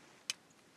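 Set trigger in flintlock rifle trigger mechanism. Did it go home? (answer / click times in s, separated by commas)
yes / 0.3 s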